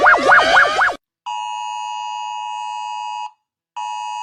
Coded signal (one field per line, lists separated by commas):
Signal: Emergency Alert System (SAME) tones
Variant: 853 and 960 Hz attention tone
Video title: Rating eas alarms cuz why not